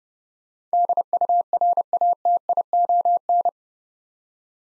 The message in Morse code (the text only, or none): DURATION